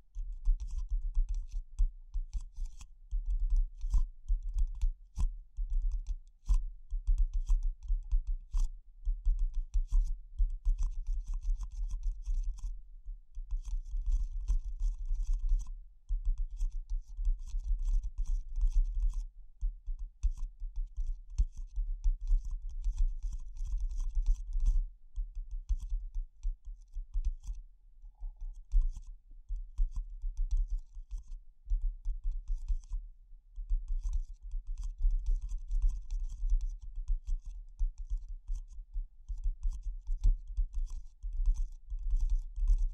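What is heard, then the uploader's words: Fingers tap in quick, dense runs, like rapid keyboard typing, with a heavy low thud under each stroke and crisp clicks on top. The pace shifts between bursts and slightly sparser stretches, with brief pauses near 13, 20 and 25 seconds. ASMR Pure Tapping Fast and Slow (No Talking).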